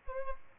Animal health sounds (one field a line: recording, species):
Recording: mosquito wingbeat signal from an infrared sensor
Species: Aedes albopictus